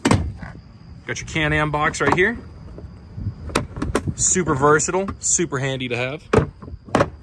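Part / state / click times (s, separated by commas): flip-up seat base or storage lid on a side-by-side utility vehicle / seated / 6.9 s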